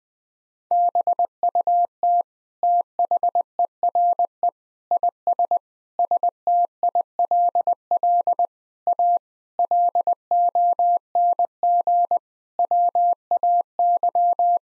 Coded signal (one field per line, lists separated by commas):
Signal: Morse code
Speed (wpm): 20 wpm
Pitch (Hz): 700 Hz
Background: none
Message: BUT THERE IS STILL A LONG WAY